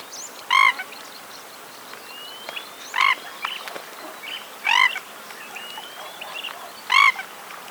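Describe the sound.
Jacana calls: four loud, harsh, harmonic bursts about every two seconds, with fainter chirps and thin whistled notes between them.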